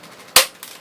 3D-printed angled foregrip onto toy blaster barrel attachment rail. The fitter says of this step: grip I mean the Retaliator full Barrel attachment and slide when you hear the click